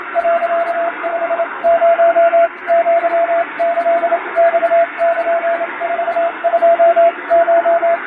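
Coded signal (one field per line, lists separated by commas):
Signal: Morse code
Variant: Japanese Wabun code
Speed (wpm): 27 wpm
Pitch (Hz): 680 Hz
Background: radio noise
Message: 、50 アキマル42コ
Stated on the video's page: Recreated Japanese Wabun Morse ship-to-shore radiotelegram, sent in scrambled text on an electronic keyer, as receiving practice.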